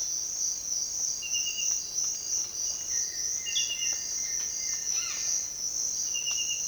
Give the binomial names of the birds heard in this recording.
Akletos melanoceps, Cyanocorax violaceus